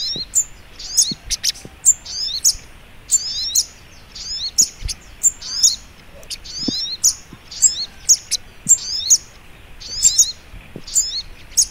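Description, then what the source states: Little spiderhunter calling with dense, high, metallic chirps in quick sequences repeated steadily, over light low noise. Training recording (masteran).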